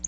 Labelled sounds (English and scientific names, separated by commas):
Black-throated Blue Warbler (Setophaga caerulescens) flight call